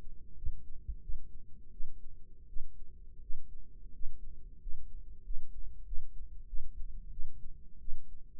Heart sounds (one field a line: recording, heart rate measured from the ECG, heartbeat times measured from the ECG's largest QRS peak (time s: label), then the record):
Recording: heart sounds by microphone in the left ear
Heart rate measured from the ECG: 89 bpm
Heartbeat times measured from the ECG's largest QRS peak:
0.37 s: heartbeat
1.03 s: heartbeat
1.73 s: heartbeat
2.49 s: heartbeat
3.23 s: heartbeat
3.94 s: heartbeat
4.61 s: heartbeat
5.25 s: heartbeat
5.87 s: heartbeat
6.48 s: heartbeat
7.12 s: heartbeat
7.81 s: heartbeat
From the record:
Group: healthy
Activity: rest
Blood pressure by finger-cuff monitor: 118/75 mmHg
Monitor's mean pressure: 90 mmHg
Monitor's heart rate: 94 bpm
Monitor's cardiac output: 6.9 L/min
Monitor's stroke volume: 77 mL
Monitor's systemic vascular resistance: 930 dyn s/cm5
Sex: female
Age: 37 years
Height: 168 cm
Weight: 70 kg